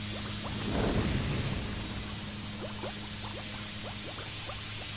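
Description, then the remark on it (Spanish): Steady hissing rush of boiling river water with scattered bubbling pops, swelling into a louder surge early on as a huge wave of boiling water rushes forward, before settling back into a continuous seething boil under a low hum. “Un momento más y una enorme ola de agua en ebullición corrió hacia mí.”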